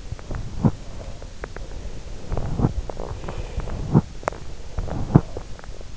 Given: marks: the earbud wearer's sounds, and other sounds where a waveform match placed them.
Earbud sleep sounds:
sounds in sleep by an in-ear microphone; teeth grinding, breath
0.18-1.01 s: teeth grinding
2.25-3.16 s: teeth grinding
3.16-3.81 s: breath
3.81-4.35 s: teeth grinding
4.79-5.36 s: teeth grinding

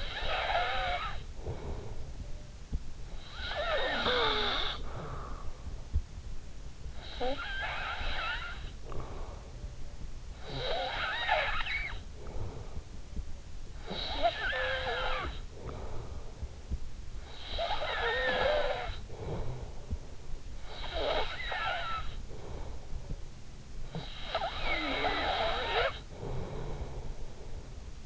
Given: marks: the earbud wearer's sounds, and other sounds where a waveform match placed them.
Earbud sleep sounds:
sounds in sleep by an in-ear microphone; snoring breath
0.00-28.05 s: snoring breath

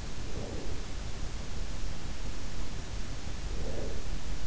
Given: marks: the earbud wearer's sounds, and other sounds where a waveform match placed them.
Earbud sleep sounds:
sounds in sleep by an in-ear microphone; breath
0.00-1.11 s: breath
3.26-4.37 s: breath

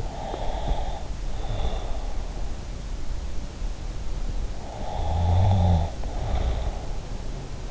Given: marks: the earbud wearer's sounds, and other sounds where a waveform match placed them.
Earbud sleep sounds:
sounds in sleep by an in-ear microphone; breath, snoring breath
0.00-2.36 s: breath
4.56-6.86 s: snoring breath

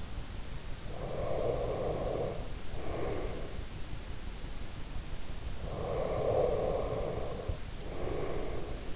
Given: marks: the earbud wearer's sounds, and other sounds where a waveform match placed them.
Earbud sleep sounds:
sounds in sleep by an in-ear microphone; breath
0.87-3.65 s: breath
5.47-8.96 s: breath

